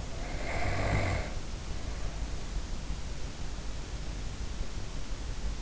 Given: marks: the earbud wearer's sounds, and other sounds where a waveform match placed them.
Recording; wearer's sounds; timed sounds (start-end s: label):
sounds in sleep by an in-ear microphone; snoring breath
0.11-2.79 s: snoring breath